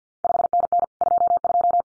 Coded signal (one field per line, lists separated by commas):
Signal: Morse code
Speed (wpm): 50 wpm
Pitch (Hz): 700 Hz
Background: none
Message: 5NN 22